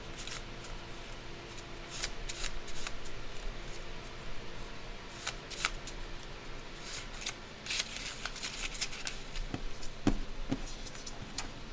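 Candle dressing with shuffling and cutting sounds: dry rustles and crisp snips come in quick clusters, heaviest around two to three seconds and again from seven to nine. A low steady hum runs underneath, with a few soft knocks near ten seconds.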